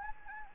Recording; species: mosquito wingbeat signal from an infrared sensor; Anopheles gambiae